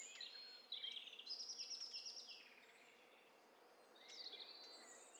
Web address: Hi Fi STEREO BIRD COCKTAIL PARTY Challenge SBCP TESTSET HDBird Cocktail Party-046